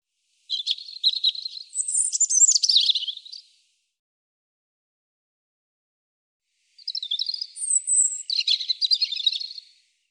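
European robin song: two high, tinkling, varied phrases of about three seconds each, mixing thin whistles and rapid trills, separated by a pause of about three seconds.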